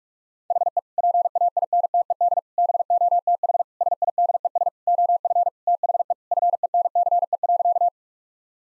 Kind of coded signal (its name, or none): Morse code